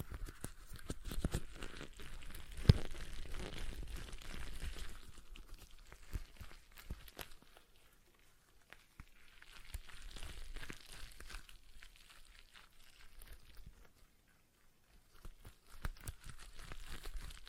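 A stress ball is squeezed and kneaded in bursts of crinkly, rustling squishes, with a sharp click near three seconds and quieter pauses between.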